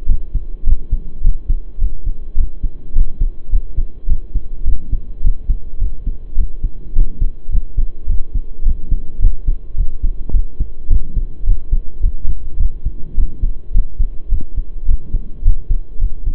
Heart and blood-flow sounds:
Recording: heart sounds by stethoscope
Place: between the tricuspid and mitral areas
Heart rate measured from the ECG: 106 bpm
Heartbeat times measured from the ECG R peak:
0.07 s: heartbeat
0.65 s: heartbeat
1.23 s: heartbeat
1.80 s: heartbeat
2.36 s: heartbeat
2.94 s: heartbeat
3.51 s: heartbeat
4.08 s: heartbeat
4.65 s: heartbeat
5.22 s: heartbeat
5.80 s: heartbeat
6.36 s: heartbeat
6.94 s: heartbeat
7.51 s: heartbeat
8.07 s: heartbeat
8.64 s: heartbeat
9.21 s: heartbeat
9.76 s: heartbeat
10.32 s: heartbeat
10.89 s: heartbeat
11.45 s: heartbeat
12.02 s: heartbeat
12.58 s: heartbeat
13.16 s: heartbeat
13.73 s: heartbeat
14.30 s: heartbeat
14.87 s: heartbeat
15.44 s: heartbeat
16.00 s: heartbeat
From the record:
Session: pedaling a stationary bicycle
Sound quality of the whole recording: saturated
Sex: male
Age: 23 years

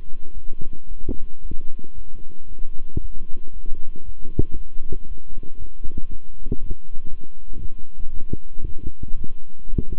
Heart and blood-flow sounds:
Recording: heart sounds by stethoscope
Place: between the tricuspid and mitral areas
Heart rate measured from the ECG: 115 bpm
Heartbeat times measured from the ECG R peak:
0.33 s: heartbeat
0.87 s: heartbeat
1.41 s: heartbeat
1.94 s: heartbeat
2.47 s: heartbeat
3.00 s: heartbeat
3.52 s: heartbeat
4.04 s: heartbeat
4.55 s: heartbeat
5.06 s: heartbeat
5.57 s: heartbeat
6.08 s: heartbeat
6.58 s: heartbeat
7.09 s: heartbeat
7.60 s: heartbeat
8.12 s: heartbeat
8.64 s: heartbeat
9.16 s: heartbeat
9.69 s: heartbeat
From the record:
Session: walking at 3.7 km/h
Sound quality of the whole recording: good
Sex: male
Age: 26 years

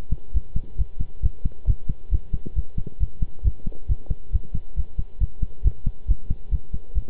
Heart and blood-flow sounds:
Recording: heart sounds by stethoscope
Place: between the tricuspid and mitral areas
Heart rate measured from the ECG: 136 bpm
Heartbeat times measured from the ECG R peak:
0.34 s: heartbeat
0.78 s: heartbeat
1.23 s: heartbeat
1.67 s: heartbeat
2.11 s: heartbeat
2.56 s: heartbeat
3.00 s: heartbeat
3.44 s: heartbeat
3.89 s: heartbeat
4.32 s: heartbeat
4.76 s: heartbeat
5.20 s: heartbeat
5.64 s: heartbeat
6.08 s: heartbeat
6.51 s: heartbeat
6.95 s: heartbeat
From the record:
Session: pedaling a stationary bicycle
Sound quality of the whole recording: good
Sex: male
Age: 23 years

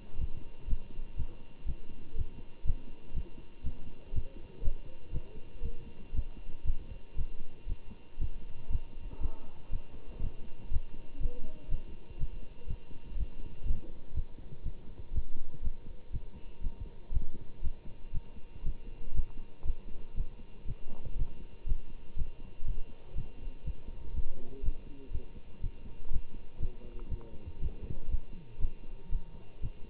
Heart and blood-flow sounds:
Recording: heart sounds by stethoscope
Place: between the tricuspid and mitral areas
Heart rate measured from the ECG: 120 bpm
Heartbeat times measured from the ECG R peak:
0.17 s: heartbeat
0.66 s: heartbeat
1.16 s: heartbeat
1.65 s: heartbeat
2.14 s: heartbeat
2.63 s: heartbeat
3.13 s: heartbeat
3.63 s: heartbeat
4.12 s: heartbeat
4.61 s: heartbeat
5.11 s: heartbeat
5.62 s: heartbeat
6.12 s: heartbeat
6.63 s: heartbeat
7.15 s: heartbeat
7.66 s: heartbeat
8.18 s: heartbeat
8.68 s: heartbeat
9.19 s: heartbeat
9.70 s: heartbeat
10.20 s: heartbeat
10.69 s: heartbeat
11.19 s: heartbeat
11.69 s: heartbeat
12.17 s: heartbeat
12.66 s: heartbeat
13.15 s: heartbeat
13.64 s: heartbeat
14.13 s: heartbeat
14.63 s: heartbeat
15.11 s: heartbeat
15.61 s: heartbeat
16.11 s: heartbeat
16.61 s: heartbeat
17.10 s: heartbeat
17.61 s: heartbeat
18.11 s: heartbeat
18.62 s: heartbeat
19.13 s: heartbeat
19.63 s: heartbeat
20.14 s: heartbeat
20.65 s: heartbeat
21.15 s: heartbeat
21.65 s: heartbeat
22.15 s: heartbeat
22.65 s: heartbeat
23.14 s: heartbeat
23.63 s: heartbeat
24.12 s: heartbeat
24.61 s: heartbeat
25.11 s: heartbeat
25.60 s: heartbeat
26.09 s: heartbeat
26.58 s: heartbeat
27.08 s: heartbeat
27.58 s: heartbeat
28.08 s: heartbeat
28.58 s: heartbeat
29.09 s: heartbeat
29.60 s: heartbeat
From the record:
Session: Bruce protocol treadmill stress test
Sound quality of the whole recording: good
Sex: male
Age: 25 years

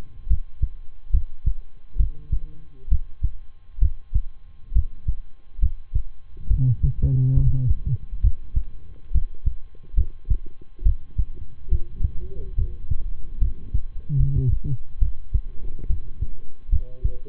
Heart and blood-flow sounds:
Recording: heart sounds by stethoscope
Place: between the tricuspid and mitral areas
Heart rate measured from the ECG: 69 bpm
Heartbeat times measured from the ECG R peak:
0.27 s: heartbeat
1.10 s: heartbeat
1.96 s: heartbeat
2.88 s: heartbeat
3.78 s: heartbeat
4.72 s: heartbeat
5.59 s: heartbeat
6.47 s: heartbeat
7.33 s: heartbeat
8.20 s: heartbeat
9.11 s: heartbeat
9.94 s: heartbeat
10.82 s: heartbeat
11.68 s: heartbeat
12.55 s: heartbeat
13.38 s: heartbeat
14.16 s: heartbeat
14.98 s: heartbeat
15.86 s: heartbeat
16.69 s: heartbeat
From the record:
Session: rest, lying down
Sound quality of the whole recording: good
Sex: male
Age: 23 years

